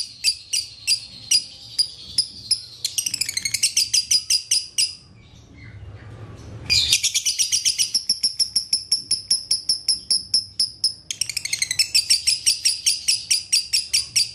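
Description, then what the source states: Lovebird chattering song: fast high chirps and buzzy rattles, a brief quieter gap, then a renewed long series of piercing notes. Lovebird masteran (training) track in the konslet singing style.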